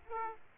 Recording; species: mosquito wingbeat signal from an infrared sensor; Aedes aegypti